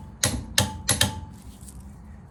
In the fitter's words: and that is the good torque wrench click we want to hear